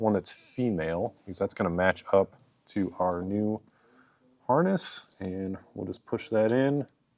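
Someone talks while a new Redarc Tow-Pro trailer brake controller harness connector is being pushed into the vehicle's female dummy plug behind the dash panel of a 2025 Nissan Frontier, after the plastic panel has been removed. The connector is only being handled here; nothing has seated or clicked yet.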